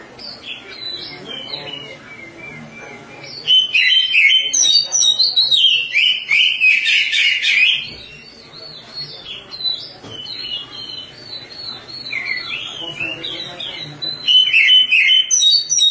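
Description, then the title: Oriental magpie-robin singing a long, varied run of sweet whistles and chattering trills, loudest in a sustained rich burst, then resuming with bright twittering phrases. "Suara Kicauan Burung Kacer"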